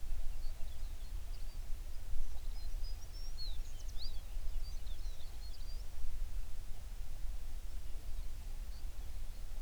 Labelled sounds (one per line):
songbird